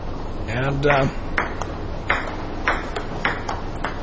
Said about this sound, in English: And ping pong, too. Fantastic. Just gotta love it. Wait a minute, while we got that ping pong game going on there, did you want to say something here,